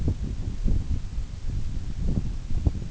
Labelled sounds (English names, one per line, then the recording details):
none
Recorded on Arctic tundra, site NAIT-1, on 24 June 2019
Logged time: 04:00